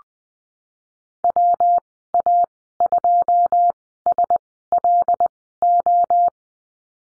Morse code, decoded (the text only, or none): WA2SLO